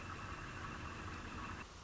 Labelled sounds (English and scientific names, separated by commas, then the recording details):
Northern Flicker (Colaptes auratus)
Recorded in Sonoma County, California